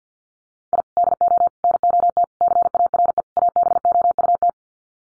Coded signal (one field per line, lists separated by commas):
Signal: Morse code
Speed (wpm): 50 wpm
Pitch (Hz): 700 Hz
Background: none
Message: I DO NOT CARE ABOUT